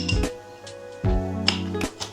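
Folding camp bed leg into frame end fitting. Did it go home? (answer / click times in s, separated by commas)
yes / 1.5 s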